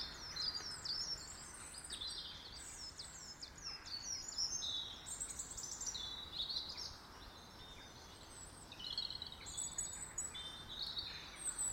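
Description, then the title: Bird song: continuous high chirps, whistles and twittering phrases from more than one bird, over steady background noise. In a garden. "Birds Sounds in the Garden"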